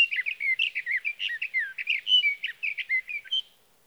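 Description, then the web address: Sage thrasher song: a rapid, continuous stream of burry, whistled warbles, jumping up and down in pitch for over three seconds before stopping. "birdsongforthecurious Sage Thrasher"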